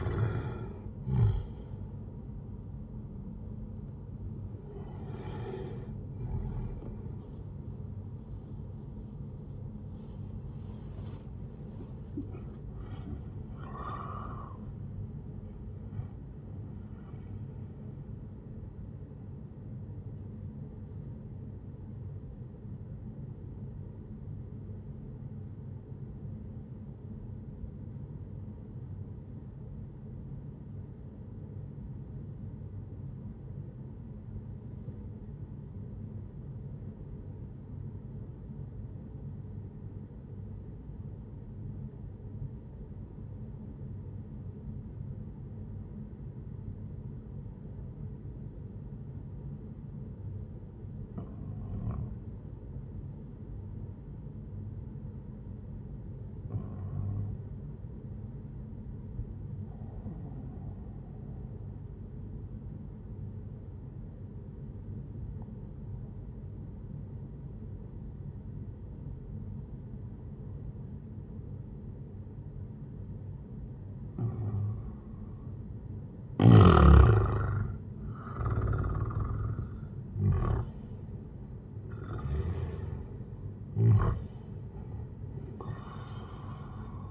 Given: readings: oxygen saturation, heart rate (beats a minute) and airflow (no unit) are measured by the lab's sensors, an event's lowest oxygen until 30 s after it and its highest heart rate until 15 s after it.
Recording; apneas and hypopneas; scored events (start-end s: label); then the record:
breathing in sleep by a smartphone at the bedside; 1
0.00-14.00 s: awake
14.00-87.11 s: new sleep stage, N1 (lightest sleep)
25.00-75.00 s: obstructive apnea (N1, oxygen 98% highest, then 92% lowest, heart rate 64 at the start, 78 highest)
From the record:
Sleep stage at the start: awake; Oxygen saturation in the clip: 91 to 98%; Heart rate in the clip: 62 to 80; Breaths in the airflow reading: 6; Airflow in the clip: -10.3 to 15.0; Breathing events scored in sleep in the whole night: 131 in 7.2 hours asleep